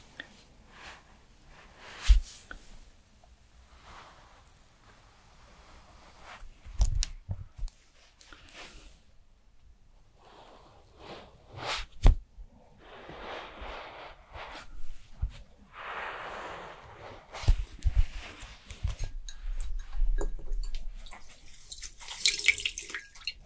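Skincare routine sounds: scattered taps and clicks of containers, with sharp knocks near 2, 7 and 12 seconds. Soft rubbing and hissy bursts fill the middle, and a bright, busy stretch near the end, with quiet gaps between actions.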